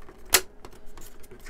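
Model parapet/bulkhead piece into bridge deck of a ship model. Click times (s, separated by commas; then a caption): 0.3 s. A plastic or metal parapet or bulkhead piece for the bridge deck of a Hachette Titanic model ship, from issues 83 and 84, is pressed onto the deck after some struggle. It snaps into place with a sharp, bright click at 0.3 s, followed by faint small ticks and handling sounds. The part is seated without breaking, though there was fear it would.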